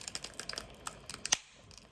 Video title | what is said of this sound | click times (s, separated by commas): Part 5. Product Review: Bleeding Control IFAK, manufactured by SAM Medical. | okay you all hear that pop so i hope you can see this here now | 1.3 s